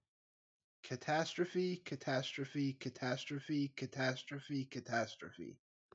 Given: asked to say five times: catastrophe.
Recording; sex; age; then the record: repeated word; male; 30 to 39 years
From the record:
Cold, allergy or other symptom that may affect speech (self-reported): no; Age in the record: 34 years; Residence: Massachusetts, United States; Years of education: 12